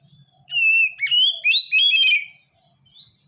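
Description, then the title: Oriental magpie-robin phrase of rising and falling whistled notes, ending with a short, higher slurred note. "kacer"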